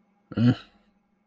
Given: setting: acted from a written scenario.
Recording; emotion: vocal sound without words; neutral